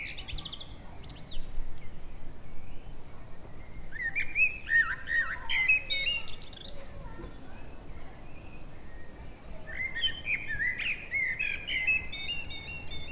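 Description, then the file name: Common blackbird with two warbled song phrases, each a run of fluty notes climbing into squeaky high twitters, separated by a quieter pause with soft background noise. "Turdus merula"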